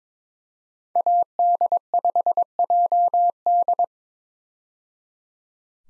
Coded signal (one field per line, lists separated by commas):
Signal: Morse code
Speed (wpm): 22 wpm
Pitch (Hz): 700 Hz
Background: none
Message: AD5JD